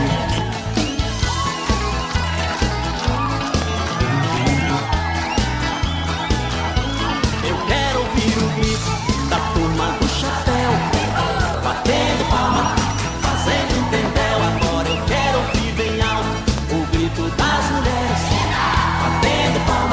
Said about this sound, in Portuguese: E agora que eu quero ouvir o batidão do pé e o grito da galera.